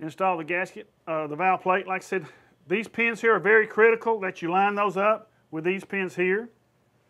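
A man talks while handling a compressor valve plate and gasket over the hardened steel locating pins of a Carrier compressor body. The plate is being lined up with the pins, but nothing has seated or clicked yet. A faint sudden sound appears at 7.1 s as the clip ends.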